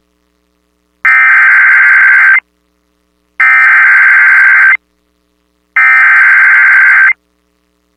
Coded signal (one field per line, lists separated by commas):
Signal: Emergency Alert System (SAME) tones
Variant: header bursts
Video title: Alabama Please! | EAS Alerts from January 3rd, 2023 (EAS #2149-2168)